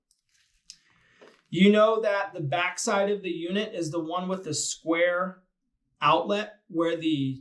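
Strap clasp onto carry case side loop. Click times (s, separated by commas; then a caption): 0.7 s. A shoulder or handle strap clasp on an Inogen G5 carry case is pressed onto the case's side loop and clicks in at 0.7 s with a sharp, brief snap. Someone then talks for most of the rest of the clip. The clasp is seated.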